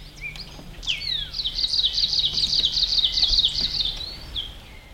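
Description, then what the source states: Kamchatka leaf warbler singing a rapid, rhythmic run of high, looping buzzy notes lasting about three seconds, preceded by a few thin, sliding call notes. Recorded in 2011.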